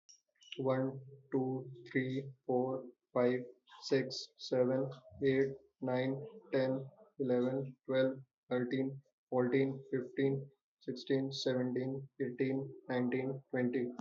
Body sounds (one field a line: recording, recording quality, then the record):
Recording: counting at a normal pace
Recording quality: moderate, slight background noise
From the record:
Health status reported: respiratory illness, not identified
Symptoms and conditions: asthma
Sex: male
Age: 20 years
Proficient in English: yes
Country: India